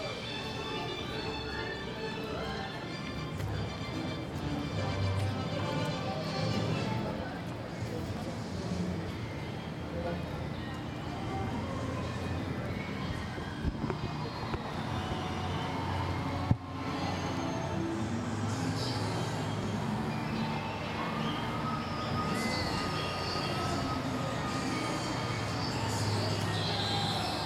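A walk through the Universal Studios Florida theme park, with a steady, dense wash of crowd chatter and voices throughout. Low rumbling hum underneath suggests vehicles or machinery, and a few sharp clicks stand out around fourteen and seventeen seconds. Faint tonal sounds drift in later.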